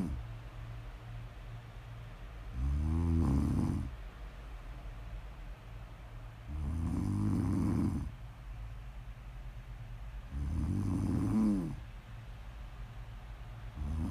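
Low, rumbling snores recur regularly about every four seconds, roughly 15 a minute, each lasting just over a second with a fluttering, vibrating quality on the in-breath. Quiet breathing fills the gaps. This is ordinary sleep snoring.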